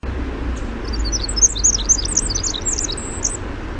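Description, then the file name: Winter wren song: a long, rapid, tumbling stream of very high tinkling notes and trills, running almost unbroken, with a low rumble beneath. "WIWR song"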